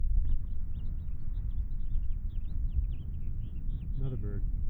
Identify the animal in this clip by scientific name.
Haemorhous mexicanus